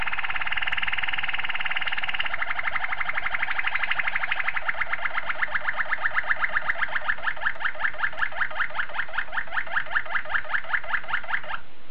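Domestic canary song: a dense, fast trill that gradually slows into distinct, evenly repeated pulses.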